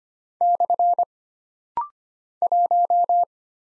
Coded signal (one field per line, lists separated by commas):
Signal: Morse code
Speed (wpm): 25 wpm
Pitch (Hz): 700 Hz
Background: none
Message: / 1